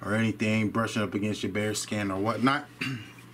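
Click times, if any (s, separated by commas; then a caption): none. A Glock 45 pistol is being handled at a molded IWB holster while someone talks throughout. Nothing has seated or clicked into the holster retention yet, and only a faint short sound comes at the very end.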